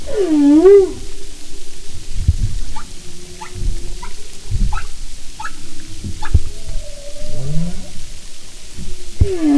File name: humpback